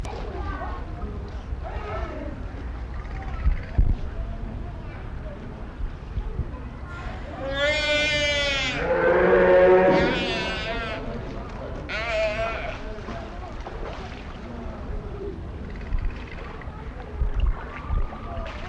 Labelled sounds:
Brown Fur Seal call
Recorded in captivity
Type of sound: call
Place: Zoo Berlin, Berlin, DE
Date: 1994-08-27 13:27
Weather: heiter, 15-20°C
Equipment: Marantz CP 430, Sennheiser ME 80, Kopie Uher Variocord 263
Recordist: Tembrock, Günter
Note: Laute, Tiere vor Innengehege - Einzelheiten nicht gesehen

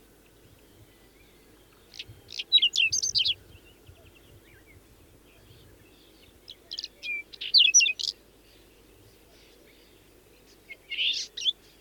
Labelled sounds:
Whinchat song
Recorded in the wild
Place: Lütow, Insel Usedom, Mecklenburg-Vorpommern, DE
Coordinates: 54.032, 13.888
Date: 1975-06-15 04:20
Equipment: Nagra III BH, Sennheiser MD 21, parabola
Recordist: Schubert, Michael

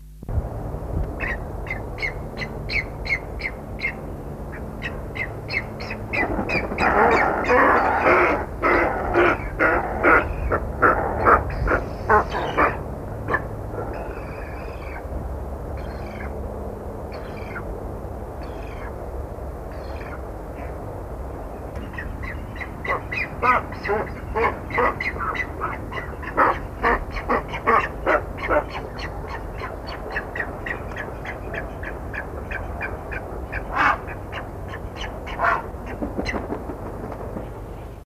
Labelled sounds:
Straw-necked Ibis call
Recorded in captivity
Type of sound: call
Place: Artis Zoo, NL
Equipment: Halbspur, 9,5 cm/s
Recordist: Lütgens, Hans
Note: Mit älteren Nestjungen

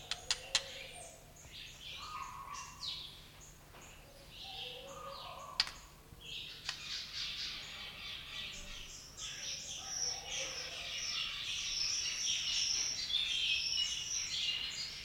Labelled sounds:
White-rumped Shama
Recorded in captivity
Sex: male
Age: adult
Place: Zoo Berlin, Berlin, DE
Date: 1994-02-05 11:22
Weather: heiter bis wolkig, 0°C, Wind
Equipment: Marantz CP 430, Sennheiser MKH 416 T, Kopie Uher Variocord 263
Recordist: Tembrock, Günter

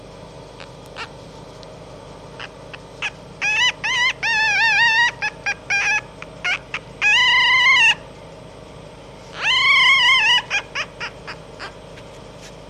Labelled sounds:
Red Fox
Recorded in captivity
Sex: female
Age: juvenile
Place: Zoologisches Institut der HUB, Berlin, DE
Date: 1956-05-02 13:15
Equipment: Elmetra
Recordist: Tembrock, Günter
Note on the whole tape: Molly-Welpen. Weibchen: Quärren mit Crescendo und abgesetzt (im Raum)

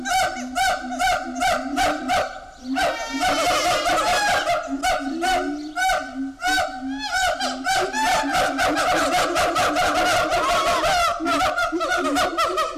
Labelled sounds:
Siamang
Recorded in captivity
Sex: diverse
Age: diverse
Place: Zoo Berlin, Berlin, DE
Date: 1998-06-20
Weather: wolkig - heiter, 18°C
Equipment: Sony MD-WM MZ-R3, Sennheiser ME 80, Kopie Uher 4000 Report Monitor
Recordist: Tembrock, Günter

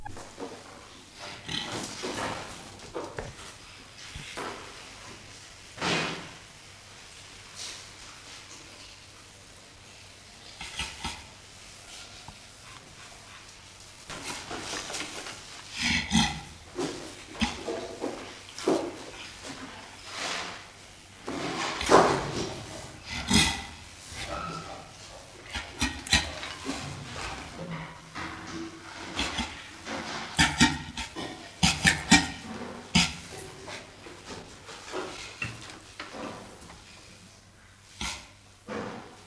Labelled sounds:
Western Gorilla call
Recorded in captivity
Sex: female
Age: adult
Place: Zoo Rostock, Mecklenburg-Vorpommern, DE
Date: 1984-02-03 10:39
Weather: overcast, 3-6°C
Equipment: Nagra SN, Kopie Uher 4000 Report Monitor
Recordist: Tembrock, Günter
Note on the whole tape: Zwei Weibchen: Laute auf vertraute Person bezogen, z.T. rhythmisch

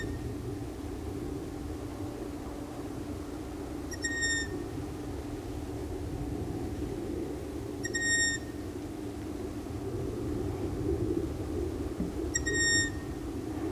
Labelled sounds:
Long-eared Owl call
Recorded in the wild
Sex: female
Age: adult
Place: Rötlen, Baden-Württemberg, DE
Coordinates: 48.9664, 10.2194
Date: 1971-05-12
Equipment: Uher Report 4200, Scotch-Classic 19cm, AKG D190C in Doppelparabolreflektoren
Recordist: Krey, Winfried

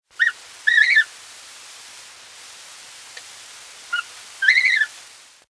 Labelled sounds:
Greylag Goose
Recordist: Frommolt, Karl-Heinz
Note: Gössel: Triller

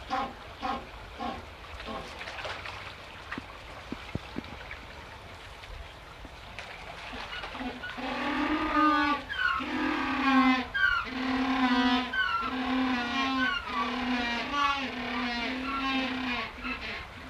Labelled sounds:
Humboldt Penguin
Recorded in captivity
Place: Zoo Hannover, Niedersachsen, DE
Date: 1971-12-10
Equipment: Halbspur, 9,5 cm/s
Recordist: Lütgens, Hans

